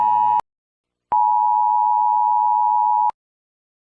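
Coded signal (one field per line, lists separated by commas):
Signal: Emergency Alert System (SAME) tones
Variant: 853 and 960 Hz attention tone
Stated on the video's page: Mock EAS scenario for Chile.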